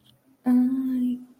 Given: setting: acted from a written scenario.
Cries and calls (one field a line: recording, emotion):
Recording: vocal sound without words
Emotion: distress